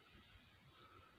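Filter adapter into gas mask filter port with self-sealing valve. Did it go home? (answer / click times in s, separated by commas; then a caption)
no / none. A threaded filter adapter is being screwed into the self-sealing filter port of an Italian M90 gas mask, where threading it in pushes the internal valve open. Only faint, steady low handling and rubbing noise is heard, with no sharp transient. The adapter is not yet pushed all the way in, and nothing has seated or clicked yet.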